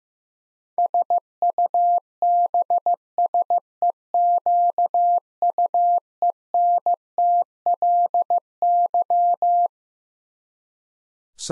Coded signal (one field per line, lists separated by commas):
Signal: Morse code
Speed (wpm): 15 wpm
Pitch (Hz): 700 Hz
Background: none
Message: SUBSEQUENTLY